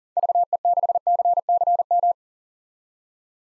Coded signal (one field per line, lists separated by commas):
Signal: Morse code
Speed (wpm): 40 wpm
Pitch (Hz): 700 Hz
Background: none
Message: VE6CCM